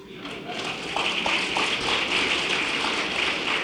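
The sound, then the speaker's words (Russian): An audience applauding at a concert at Voenmekh on 24 March 1984: dense, steady clapping at moderate volume that swells slightly after the first second and continues evenly to the end, with a few sharper individual claps standing out. “Нет, тут, не знаю, есть ли тут чему хлопать.”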